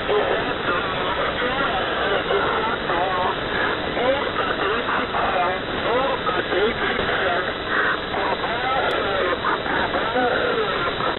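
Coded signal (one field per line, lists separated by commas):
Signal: coded military voice message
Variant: The Squeaky Wheel, Russian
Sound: a voice reading a message continuously through heavy radio static and hiss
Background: radio static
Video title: The Squeaky Wheel | 15th August 2023 | "Dlya" Voice Message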